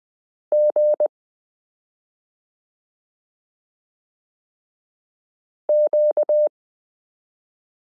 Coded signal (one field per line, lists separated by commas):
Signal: Morse code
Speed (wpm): 20 wpm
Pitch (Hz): 600 Hz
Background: none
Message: G Q